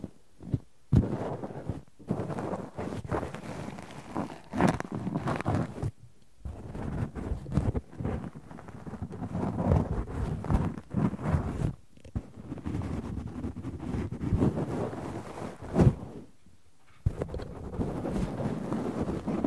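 Cotton and tweezers are worked together in dense, crackly rustling and scratching that runs almost continuously. The texture is fuzzy and fairly full, with quick flicks and scrapes. Brief silent breaks fall near 1, 6, 12 and 17 seconds before the rubbing resumes.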